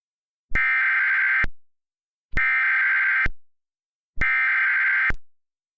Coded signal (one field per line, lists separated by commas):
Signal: Emergency Alert System (SAME) tones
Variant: header bursts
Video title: PDS Tornado in Randolph, IN - EAS Mock